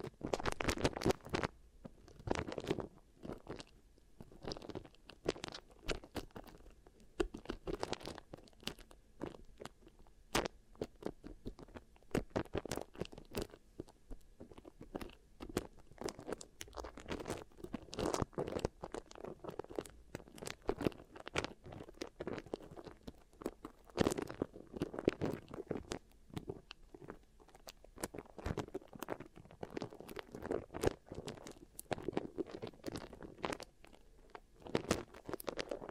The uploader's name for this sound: Beeswax Ear Triggers